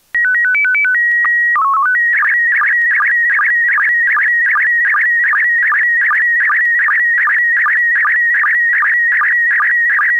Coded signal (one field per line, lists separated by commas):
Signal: SSTV (slow-scan television)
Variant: PD 50